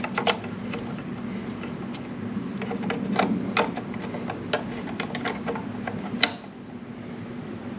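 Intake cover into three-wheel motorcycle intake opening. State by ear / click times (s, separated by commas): seated / 6.2 s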